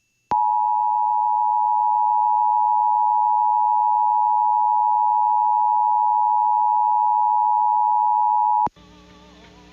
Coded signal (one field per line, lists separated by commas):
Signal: Emergency Alert System (SAME) tones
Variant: 853 and 960 Hz attention tone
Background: music